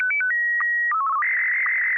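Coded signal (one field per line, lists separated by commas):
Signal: SSTV (slow-scan television)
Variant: Martin 1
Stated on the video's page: SSTV net on a 441.300 MHz FM repeater, sent with MMSSTV software.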